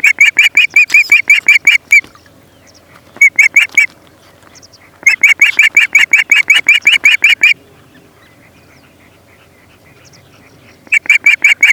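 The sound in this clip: Osprey calling in long bursts of fast, evenly spaced shrill whistles, broken by quiet gaps, with another burst starting at the end.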